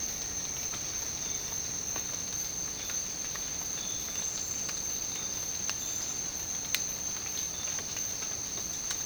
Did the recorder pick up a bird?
no